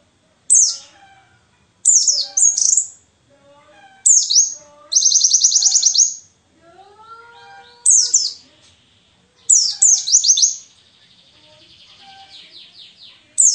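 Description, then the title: White-eye song: short bursts of high, sharp downslurred notes alternate with rapid buzzy trills, separated by brief pauses and a few softer lower whistled slurs. Wild-type ('ngalas') white-eye song filler ('isian') used as a tutor recording (masteran) for training songbirds. "mster Mnuk. Pleci ngalas isian untuk masteran"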